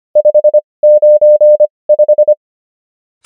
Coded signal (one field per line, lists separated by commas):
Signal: Morse code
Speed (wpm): 25 wpm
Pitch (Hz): 600 Hz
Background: none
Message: 595